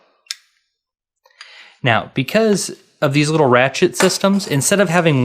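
A small release lever on the ratcheting buckle of a black KORE Essentials Trakline tactical web belt is worked, and the belt tongue comes out of the buckle. A single sharp click sounds at 0.3 s as the catch lets go and the belt releases, followed by faint handling noises and someone talking.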